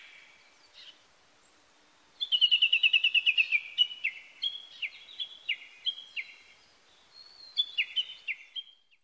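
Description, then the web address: Japanese bush warbler song, a fast run of clipped high notes followed by uneven repeated phrases, with a short burst near the end. Recorded on 18 April 1998. "1998 980418 uguisu"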